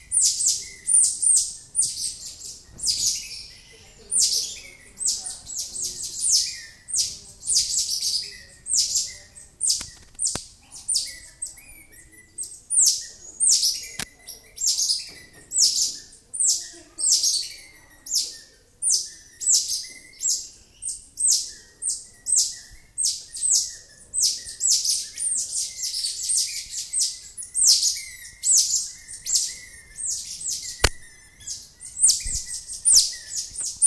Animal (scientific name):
Saguinus oedipus